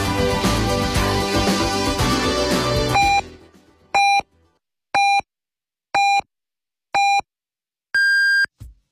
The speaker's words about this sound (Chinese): 北京城市广播1073，请您准确对时，现在是北京时间14点整。